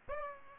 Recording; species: mosquito wingbeat signal from an infrared sensor; Aedes aegypti